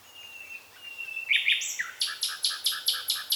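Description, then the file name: Common nightingale song opening with soft drawn-out whistles, then sharp notes and a run of loud, evenly spaced rich notes. "Luscinia megarhynchos"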